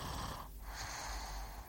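A low, rumbling, snorting breath noise with a brief dip in the middle, like a single snore drawn in and let out. It is ordinary snoring from an adult lying asleep.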